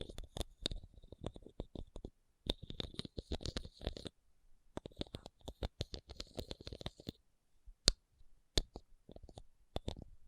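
Rhinestone tapping and scratching: rapid clusters of small, sharp clicks and taps, with a bright glittery hiss during the busiest runs. Dense bursts come around the first, third and sixth seconds, separated by quieter gaps with only a few isolated louder taps.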